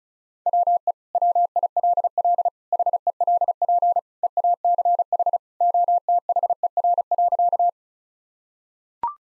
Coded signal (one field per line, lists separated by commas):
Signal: Morse code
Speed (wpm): 36 wpm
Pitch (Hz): 700 Hz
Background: none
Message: WE WILL HELP EACH OTHER.